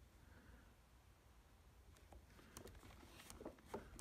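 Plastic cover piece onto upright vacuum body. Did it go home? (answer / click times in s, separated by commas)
no / none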